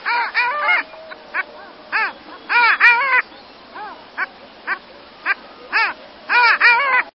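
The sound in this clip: Long-tailed duck song: nasal, wavering yodel-like calls given in a series of separate bursts, with quieter gaps between.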